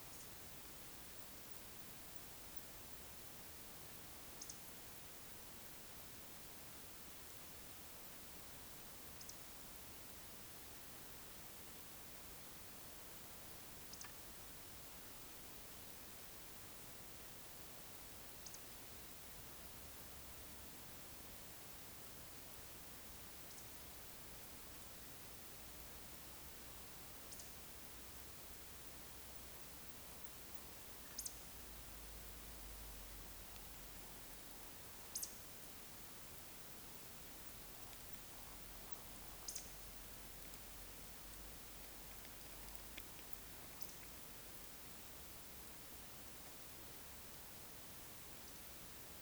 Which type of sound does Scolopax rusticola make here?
whistle, croak